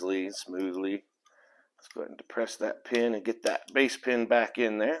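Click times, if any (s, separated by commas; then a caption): none. Someone talks while handling a Ruger revolver, depressing the retaining pin to push the steel cylinder base pin back into the revolver frame. Faint handling noises fill a short pause near 1.3 and 1.8 seconds. The clip ends before the base pin goes home, and nothing has seated or clicked yet.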